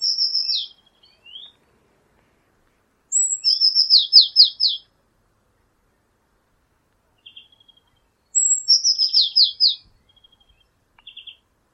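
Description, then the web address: Eurasian blue tit repeating its call, a sharp high note followed by a chattering descending series, three bouts with a few soft short notes in the gaps. "cianscape birddata Deverinetal 2025 File origin Bird Only Cy Ca"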